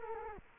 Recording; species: mosquito wingbeat signal from an infrared sensor; Culex quinquefasciatus